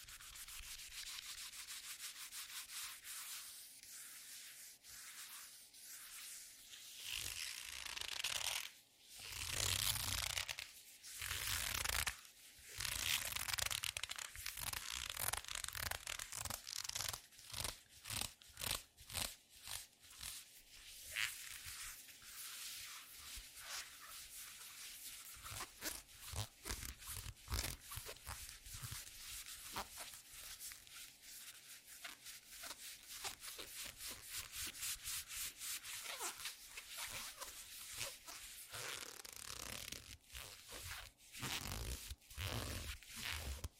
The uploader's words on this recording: TimASMR-ASMR Squeaky Leather Glove Sounds (NO TALKING).